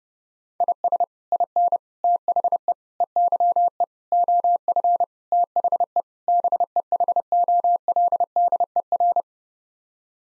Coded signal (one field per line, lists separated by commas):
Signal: Morse code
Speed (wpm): 30 wpm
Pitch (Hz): 700 Hz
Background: none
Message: IS IN THE EYE OF THE BEHOLDER